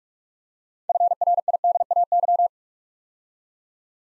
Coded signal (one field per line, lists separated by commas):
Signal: Morse code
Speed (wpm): 44 wpm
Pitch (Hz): 700 Hz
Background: none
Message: FRIDAY